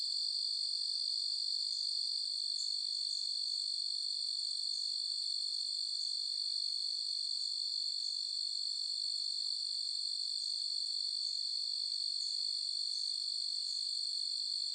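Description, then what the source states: Cricket chorus, an unbroken high-pitched ringing trill that holds an even level from start to finish. Forest nature ambience with crickets and other insects.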